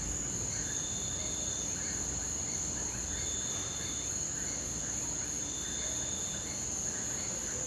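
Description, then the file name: Loud cricket chorus, an unbroken shrill ringing sustained evenly throughout. Rural night ambience recorded from inside a house; loud crickets. "Ambiencia rural a noite gravacao dentro de casa grilos fortes cigarras sapos cachorro longe"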